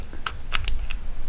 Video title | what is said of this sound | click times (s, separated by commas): Quilt Path unboxing - watch us setup and install Quilt Path on a Lucey | okay you can hear it click when it goes in | 0.7 s